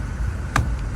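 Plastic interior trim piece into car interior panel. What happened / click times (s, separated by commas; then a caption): The plastic trim piece snapped in only part way / 0.6 s. A loose plastic interior trim piece from a Honda wagon, found while vacuuming between the seats, is slid back into place on the car's interior panel. A single sharp snap is heard at 0.56 s over steady low background noise. The piece only partly seats and is not all the way in.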